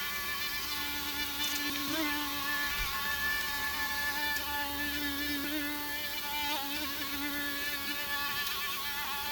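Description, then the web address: Mosquitoes whining in a steady, high, wavering drone, several tones overlapping and shifting slightly in pitch throughout, with faint low rumble beneath. Several mosquitoes whining; from the Finnish broadcaster Yle's collection. "yle fi tehosto, hyttyset inisevat"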